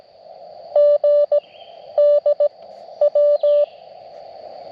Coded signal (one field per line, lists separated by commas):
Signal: Morse code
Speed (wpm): 18 wpm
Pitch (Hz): 590 Hz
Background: none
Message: G D W